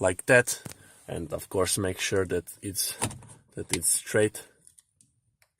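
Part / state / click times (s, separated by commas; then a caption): air vent into car dashboard / not seated / none. Someone talks while a plastic air vent assembly for an Audi TT Mk2 is lined up straight with its diagonal cut and mechanism facing down at the car's dashboard opening. After the talking stops, a few faint, brief handling sounds are heard; nothing has seated or clicked yet.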